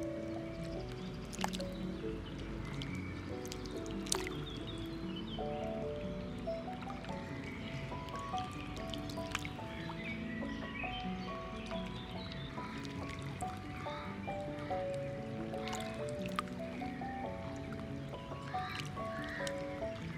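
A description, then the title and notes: Lakeside ambience with music playing: a soft melody of held, stepping notes runs steadily through the low and middle range. Underneath is a dense watery murmur, punctuated by occasional sharp drips or splashes, notably near 1.5, 4, 9 and 16 seconds. Atmosphere at the LAKESIDE with MUSIC.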